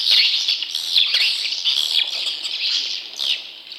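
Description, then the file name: Swiftlet calls: loud, high, harsh chirps in uneven bursts, a busy twittering chatter. "suara burung walet"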